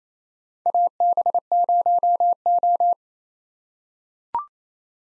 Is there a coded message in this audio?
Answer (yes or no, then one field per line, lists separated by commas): yes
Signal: Morse code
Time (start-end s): 0.7-2.9 s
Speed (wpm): 28 wpm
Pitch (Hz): 700 Hz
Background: none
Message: AB0O